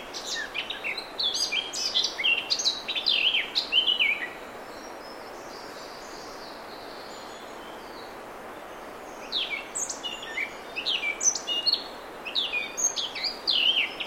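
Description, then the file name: Eurasian blackcap warbling in two separate bursts of quick, varied high notes, divided by a silent gap of about five seconds. "Sylvia atricapilla"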